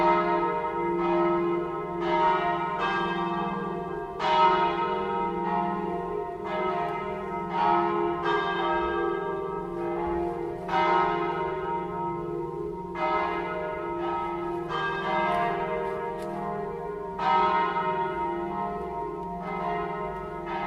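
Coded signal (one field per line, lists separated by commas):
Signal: bell signal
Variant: battiore and plenum, 5 bells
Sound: several church bells ringing continuously in overlapping peal, strong sustained hum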